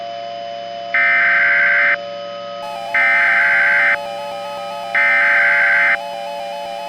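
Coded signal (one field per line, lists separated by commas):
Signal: Emergency Alert System (SAME) tones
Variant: header bursts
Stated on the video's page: Recreated alerts with valid EAS tones, remaking real alerts from a tornado outbreak.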